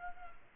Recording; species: mosquito wingbeat signal from an infrared sensor; Culex quinquefasciatus